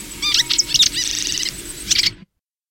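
Welcome swallow twittering: quick high chirps and sweet notes, then a dry buzzy trill, ending with a short burst of chirps.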